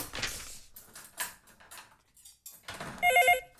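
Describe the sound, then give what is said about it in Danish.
A telephone bell rings in quick repeated bursts near the end, bright and metallic, after a stretch of soft shuffling and clinking noises. “Tager du ikke den her?”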